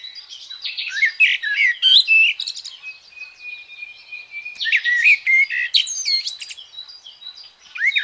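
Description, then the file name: Common blackbird song: rich, varied warbling phrases with fluty whistles and twittering trills, one long steady whistled note near the middle, then more complex phrases. "Merel"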